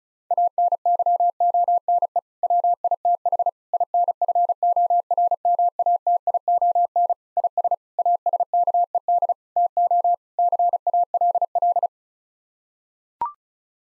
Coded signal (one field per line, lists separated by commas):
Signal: Morse code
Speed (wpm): 36 wpm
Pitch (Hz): 700 Hz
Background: none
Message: ANYONE WITH INFORMATION IS ASKED TO CALL